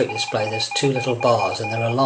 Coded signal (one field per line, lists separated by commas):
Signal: Morse code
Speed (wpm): 37 wpm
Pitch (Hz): 2450 Hz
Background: speech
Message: RUNNING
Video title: Free Android Morse Code reader app - RX Beta 1.1